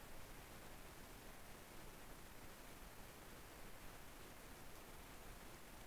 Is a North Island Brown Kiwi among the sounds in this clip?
no